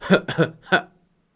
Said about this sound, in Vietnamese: Trong tiếng ho kịch liệt, mấy giọt máu tươi lại rơi.